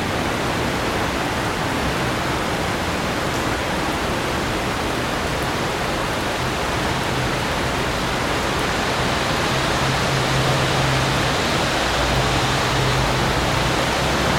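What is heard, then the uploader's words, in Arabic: Heavy rain pours steadily over a city in a dense, unbroken hiss, with a low hum rising underneath in the second half. عاصفة مطر في المدينة | هطول غزير طوال الليل. في هذه الحلقة، قمنا بتسجيل عاصفة مطرية لا تتوقف في وسط لندن. الساعة العاشرة مساءً والمطر يتساقط بغزارة. هذه الأصوات تظل مظللة بالمطر الثابت والنمطي.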